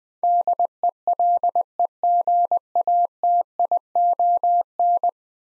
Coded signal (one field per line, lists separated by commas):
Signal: Morse code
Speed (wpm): 20 wpm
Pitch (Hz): 700 Hz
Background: none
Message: DELEGATION